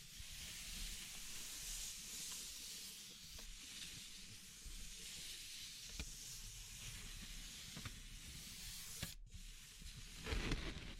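Wood, bamboo and straw handled with a steady soft hiss and low rumble, occasional sharp taps, a brief gap near nine seconds, louder rustling at the end.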